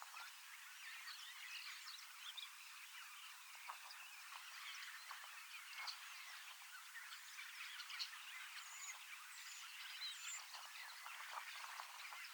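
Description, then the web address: Common starling chorus: overlapping chatter and rattles from many birds, dotted with brief high whistles and squeaks, steady loudness throughout. Large flock of young starlings practising their song in preparation for next spring; recorded 25 August 2026 in Finland. "paivat 25 8 2026 iso kottaraisten nuorisoparvi valmistautuu ensi kevaaseen lauluharjoittelemalla"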